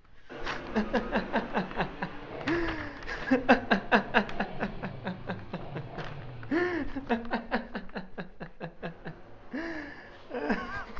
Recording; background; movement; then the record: laughter; traffic; walking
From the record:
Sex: male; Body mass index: 21.0 kg/m2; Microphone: on the chest, facing outward